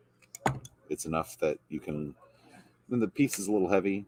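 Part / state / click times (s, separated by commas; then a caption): magnetized plastic model piece onto miniature body / seated / 0.3 s, 0.5 s. A magnetized head section is pressed onto the body of a painted Titan miniature and snaps onto its magnets, with sharp clicks at 0.3 and 0.5 seconds as the piece seats into place. Someone talks throughout.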